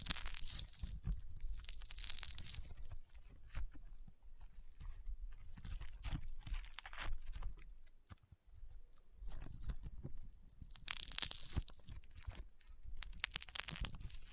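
Crunchy, popping slime being squeezed and pressed, with dense crackling bursts and small snaps throughout. The crunching is busiest in the first few seconds and again from about eleven seconds, thinning to scattered pops and a short near-silent stretch around eight seconds.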